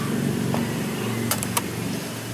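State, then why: Seated. During a screen replacement on a Dell Inspiron E1545 laptop, a plastic screen part is pushed into the laptop lid over a steady low hum. A quick run of sharp clicks sounds at 1.3, 1.4 and 1.6 seconds as the part snaps and seats into place.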